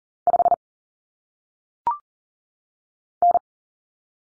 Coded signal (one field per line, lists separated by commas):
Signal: Morse code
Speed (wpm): 40 wpm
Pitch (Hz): 700 Hz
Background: none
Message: 5 N